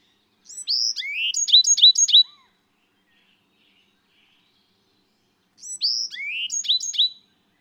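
Bewick's wren singing two complex phrases five seconds apart, with high slurred whistles followed by a rhythmic run of sharp downslurred notes.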